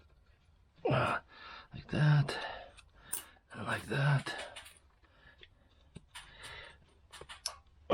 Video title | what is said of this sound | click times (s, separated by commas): Jeep 3.6 Oil Cooler FAILURE! 🔧 How to Replace It Without the Headache | Make sure it clicked into place. That one did too, because | 7.5 s